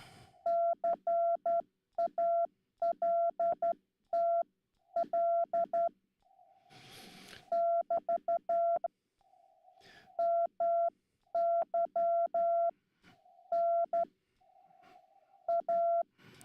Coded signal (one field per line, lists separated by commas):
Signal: Morse code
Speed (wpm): 12 wpm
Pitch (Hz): 680 Hz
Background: none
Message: CALTL <BT> MY N A